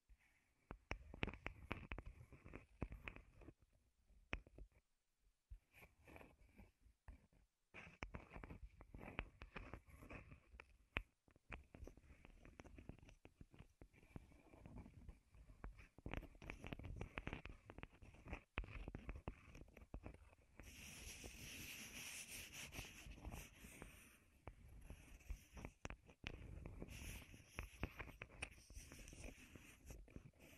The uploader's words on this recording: ASMR Wood Triggers in Your Ears (No Talking).